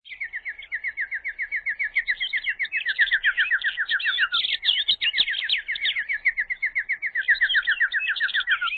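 Bird singing rapid trills of short repeated notes in long sliding phrases, with higher chattering notes overlapping.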